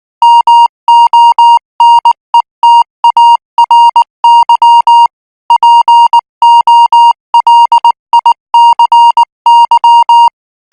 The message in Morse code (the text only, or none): MONETARY POLICY